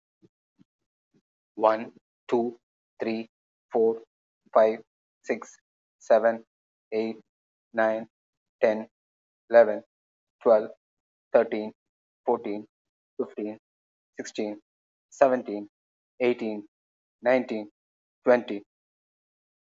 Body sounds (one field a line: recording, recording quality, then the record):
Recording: counting at a normal pace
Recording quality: excellent, no background noise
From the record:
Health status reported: respiratory illness, not identified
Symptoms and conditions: asthma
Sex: male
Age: 55 years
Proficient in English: yes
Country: India